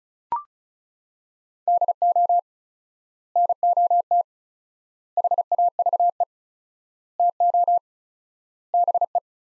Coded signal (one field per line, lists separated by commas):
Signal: Morse code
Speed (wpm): 34 wpm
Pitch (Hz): 700 Hz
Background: none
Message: DO NOT HAVE TO BE